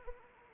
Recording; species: mosquito wingbeat signal from an infrared sensor; Anopheles arabiensis